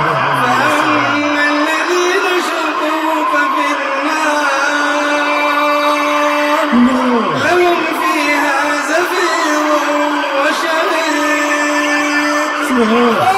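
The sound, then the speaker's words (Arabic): A dense mass of human voices, many people crying out in pain, wails together in sustained, overlapping anguished tones, steady and loud throughout, with a few pitches sliding and dipping amid the din. “Instead of listening to the movement of earth liars, we hear voices of mankind in form of cries of pain.”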